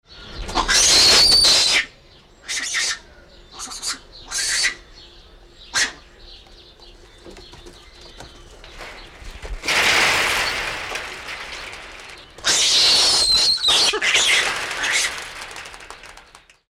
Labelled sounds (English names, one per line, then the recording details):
Collared Mangabey
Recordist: Tembrock, Günter
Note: Abwehrlaute